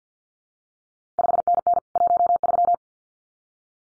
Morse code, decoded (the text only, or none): 5NN 13